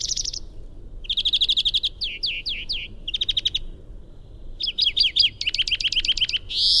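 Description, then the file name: European greenfinch: bursts of fast ringing trills and down-slurred chirps, separated by short pauses, ending with a rising nasal wheeze. "Chloris chloris"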